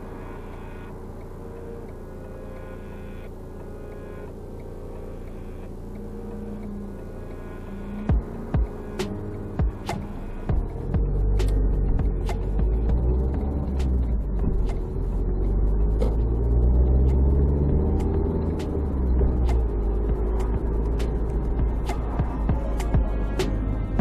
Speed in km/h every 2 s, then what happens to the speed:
0, 0, 0, 0, 0, 0, 4, 18, 28, 39, 38, 38.
0-11 standing. 11-20 pulls away to 38.